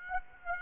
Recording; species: mosquito wingbeat signal from an infrared sensor; Aedes aegypti